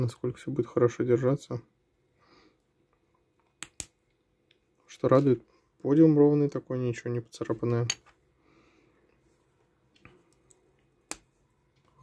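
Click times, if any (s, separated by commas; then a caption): 11.1 s. An arm of a plastic collectible action figure is pushed into its plastic shoulder socket and clicks into place at 11.1 s, seated. Someone talks in bursts before the click, with two sharp clicks near 3.6 s and 3.8 s and faint small knocks around 10 s.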